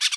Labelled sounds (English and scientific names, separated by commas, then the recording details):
Brown-throated Parakeet (Eupsittula pertinax) contact call
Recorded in Bonaire
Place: just S of turnoff to Cai, near Lac Bay
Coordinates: 12.126, -68.239